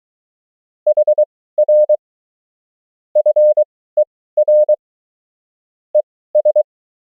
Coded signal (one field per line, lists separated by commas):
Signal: Morse code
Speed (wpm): 23 wpm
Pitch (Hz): 600 Hz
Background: none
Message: HR FER ES